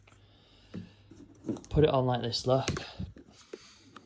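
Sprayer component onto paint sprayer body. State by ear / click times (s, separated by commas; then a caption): seated / 4.0 s. A sprayer component is fitted onto a paint sprayer body while someone talks. Faint handling knocks lead up to a sharp click at 4.0 s as the parts click together and seat.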